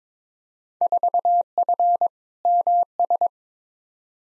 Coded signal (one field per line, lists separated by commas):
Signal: Morse code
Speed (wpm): 22 wpm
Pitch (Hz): 700 Hz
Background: none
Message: 4F MS